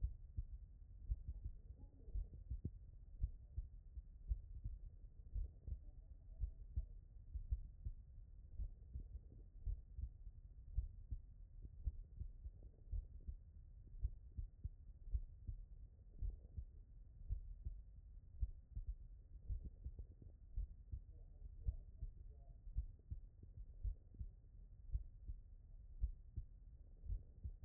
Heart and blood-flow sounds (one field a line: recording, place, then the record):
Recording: heart sounds by stethoscope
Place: tricuspid valve (TV)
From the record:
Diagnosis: non-HFrEF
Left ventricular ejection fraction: 66%